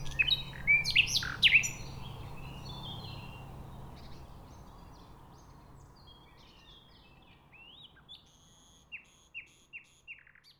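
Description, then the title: Nightingale song, loud varied phrases of sharp chirps and rattles in the first two seconds, then softer whistled and clicking notes. Singing in a bush between a railway line and the shore of Lac du Bourget, Entrelacs, France, unbothered by passing trains. "2 D991, Entrelacs, France - Rossignol ferroviaire"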